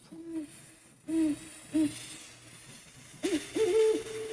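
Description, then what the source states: Great horned owl hoots, deep soft hooting notes in short series, with a slightly higher-pitched series near the end. Male and female pair dueting, one series higher-pitched than the other; final notes resemble a dove's whoo; recorded at a cabin.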